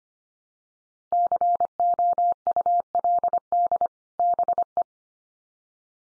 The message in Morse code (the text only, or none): COULD BE